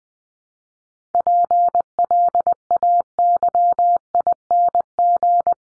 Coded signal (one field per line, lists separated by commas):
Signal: Morse code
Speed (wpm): 20 wpm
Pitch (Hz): 700 Hz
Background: none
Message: PLAYING